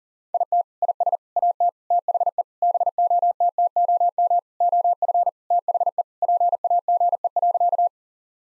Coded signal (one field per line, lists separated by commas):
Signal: Morse code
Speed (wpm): 40 wpm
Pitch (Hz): 700 Hz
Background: none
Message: IT IS AT THE BOTTOM OF THE PAGE.